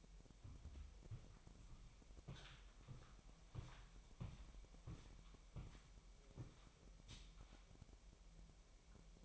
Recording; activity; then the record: daily activity, microphone in the room; walk to room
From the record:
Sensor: 1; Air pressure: 1002.0 hPa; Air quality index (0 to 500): 248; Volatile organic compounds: 52 ppm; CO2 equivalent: 3326 ppm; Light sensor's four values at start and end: 8/20/8/9 and 8/19/8/9